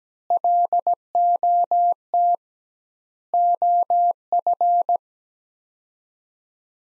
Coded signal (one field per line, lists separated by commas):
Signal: Morse code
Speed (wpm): 17 wpm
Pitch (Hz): 700 Hz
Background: none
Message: LOT OF